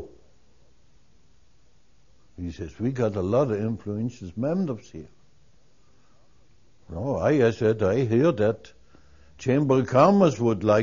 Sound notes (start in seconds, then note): none